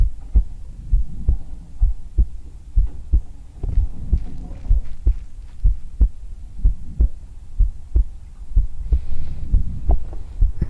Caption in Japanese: 落ち着く生肌心音。